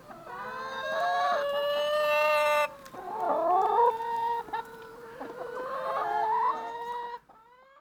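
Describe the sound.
Chicken calling in long harmonic squawks and clucks, nearly continuous, with a short gap partway and a soft call at the close.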